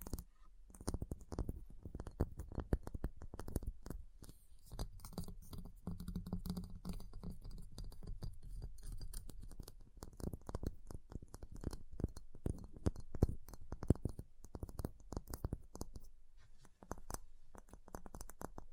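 Dense, irregular tapping and scratching on ice runs for the whole stretch, with sharp clicks coming several times a second. A low, hollow rumble sits underneath, swelling slightly around six seconds, and a few louder knocks stand out near thirteen to fourteen seconds.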